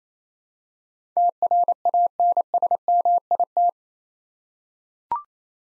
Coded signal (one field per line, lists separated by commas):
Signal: Morse code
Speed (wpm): 29 wpm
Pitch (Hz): 700 Hz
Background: none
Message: TRANSMIT